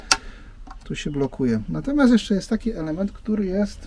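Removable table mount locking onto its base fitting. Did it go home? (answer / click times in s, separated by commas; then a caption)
yes / 0.1 s. A removable table mount in a camper van living area locks onto its base fitting with a sharp, loud click at 0.1 s, and the mount is seated. Someone then talks for the rest of the clip.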